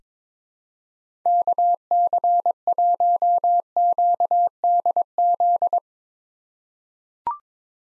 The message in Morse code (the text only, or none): KC1QDZ